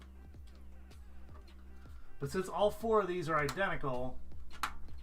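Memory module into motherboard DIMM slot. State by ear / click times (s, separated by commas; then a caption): seated / 4.6 s. A memory module is pushed down into a motherboard DIMM slot until the slot's plastic retention clip snaps shut with a sharp click at 4.6 s, showing the stick is seated and will not come out when pulled. Someone talks over a low steady hum, with a few faint taps earlier in the clip.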